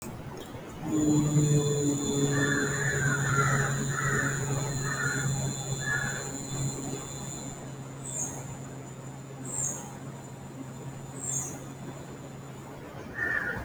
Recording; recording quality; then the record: sustained vowel as in boot; moderate, slight background noise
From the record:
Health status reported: healthy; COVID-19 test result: negative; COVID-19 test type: RT-PCR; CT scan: not taken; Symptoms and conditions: none ticked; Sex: male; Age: 23 years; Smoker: no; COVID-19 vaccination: one dose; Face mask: not worn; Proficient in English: yes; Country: India